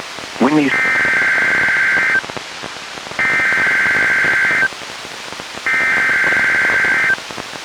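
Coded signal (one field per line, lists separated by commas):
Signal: Emergency Alert System (SAME) tones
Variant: header bursts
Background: speech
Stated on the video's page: NWR required weekly test relayed by WXM62, recorded from a Reecom R-1630 weather radio through a Zoom H1 recorder.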